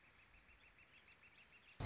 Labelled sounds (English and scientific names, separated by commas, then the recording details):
Northern Flicker (Colaptes auratus)
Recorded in Sonoma County, California